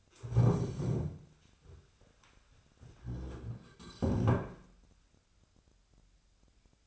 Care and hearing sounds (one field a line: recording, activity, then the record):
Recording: daily activity, microphone in the room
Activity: stand up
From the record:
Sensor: 2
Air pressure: 1015.1 hPa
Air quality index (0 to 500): 135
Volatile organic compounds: 5 ppm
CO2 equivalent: 1743 ppm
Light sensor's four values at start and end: 12/34/13/15 and 12/34/13/15